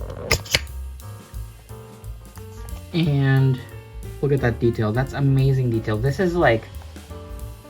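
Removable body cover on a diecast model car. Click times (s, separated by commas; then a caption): 0.3 s, 0.5 s. A removable body/engine cover on a 1:18 GMP McLaren M8B High Wing diecast model, held on by small brackets, is pulled off by hand. Two sharp, loud snaps at 0.3 s and 0.6 s mark the cover popping free, and it comes off. Music plays throughout, and someone talks afterward.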